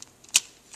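A plastic shoulder joint on the second side of a transforming robot figure is pulled out and locks into place. A loud, sharp snap is heard at 0.4 s, with fainter ticks near the start and end, and the shoulder is seated.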